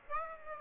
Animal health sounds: mosquito wingbeat signal from an infrared sensor; Aedes aegypti

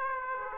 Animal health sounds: mosquito wingbeat signal from an infrared sensor; Aedes aegypti

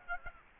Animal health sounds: mosquito wingbeat signal from an infrared sensor; Aedes aegypti

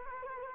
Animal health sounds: mosquito wingbeat signal from an infrared sensor; Culex quinquefasciatus

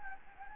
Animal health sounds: mosquito wingbeat signal from an infrared sensor; Anopheles gambiae

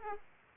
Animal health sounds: mosquito wingbeat signal from an infrared sensor; Aedes aegypti

